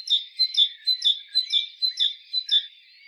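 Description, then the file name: Great tit calling, a repeated two-note high chirping phrase about twice a second, bright and regular throughout. "Parus major"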